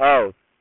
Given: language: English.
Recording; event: throat vibration sensor signal played as sound; speech